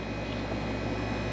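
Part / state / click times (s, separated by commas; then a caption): wire terminal into connector housing / not seated / none. A wire terminal from the EFlexFuel Pro Kit harness on a 370Z is pushed into a plastic connector housing and is a little hard to push. Only a steady, even low hum with faint tonal bands is heard, with no distinct sharp sounds. Nothing has seated or clicked yet.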